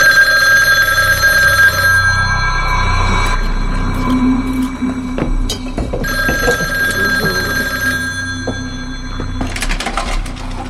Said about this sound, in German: Da klingelte das Telefon.